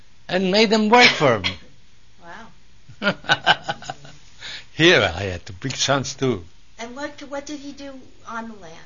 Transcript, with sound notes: and made them work for him.
Wow.
( he laughs ) Here, I had two big sons, too.
What did he do on the land?